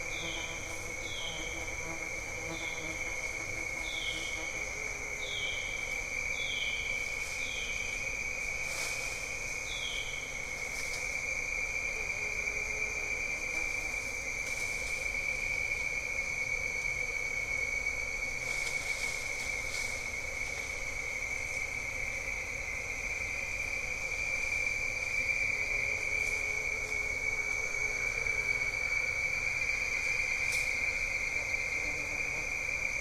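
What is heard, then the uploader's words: A cypress swamp beside a tributary, filled with a steady, unbroken insect drone at a bright pitch, with a thinner higher whine above it. For the first ten seconds a regular series of short chirping calls repeats about twice a second. Faint brief clicks scatter throughout. Jessamine Bayou is a seasonally flooded forest in the heart of America's Amazon, the Mobile-Tensaw River Delta. These recordings are taken from overnight "drop rigs" left at the edge of a tributary surrounded cypress swamp and adjacent to a field of saw palmetto. Crickets and katydids tune up.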